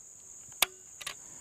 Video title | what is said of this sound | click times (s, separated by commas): AXE AX405 Crossbow Introduction and Review | I'm going to drop the bolt into the trigger shoe box. I'm going to line it right up. You'll hear it snap on the string. | 0.6 s